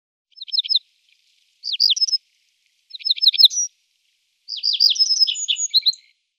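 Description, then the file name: Little bunting giving four short, high phrases of quick, sharp, downslurred notes, the last phrase longer and more jumbled, with silence between phrases. "Zwergammer Emberiza pusilla"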